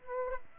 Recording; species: mosquito wingbeat signal from an infrared sensor; Aedes aegypti